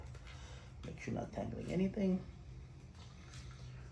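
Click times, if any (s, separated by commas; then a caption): none. Someone talks while a brushless motor from a Losi NASCAR RC car's upgraded Spektrum system is given a first press into its plastic chassis motor mount. The motor fails to snap into the mount, and nothing has seated or clicked yet.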